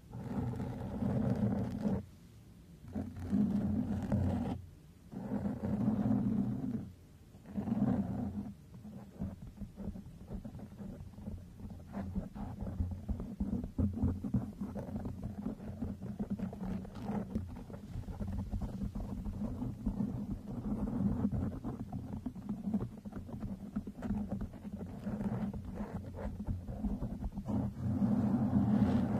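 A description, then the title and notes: A microphone is brushed, scratched and stroked, giving a low, rough rubbing noise that swells and drops. For the first eight seconds it comes in separate strokes with brief silent gaps, then turns into continuous, denser scraping that stays steady to the end. MICROPHONE BRUSHING, SCRATHCHING & STROKING.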